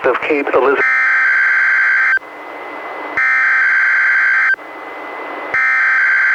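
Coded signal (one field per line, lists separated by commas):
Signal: Emergency Alert System (SAME) tones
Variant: header bursts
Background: speech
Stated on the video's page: NWR required weekly test relayed by an Astoria station, received on a Reecom R-1630 weather radio and recorded via Zoom H1.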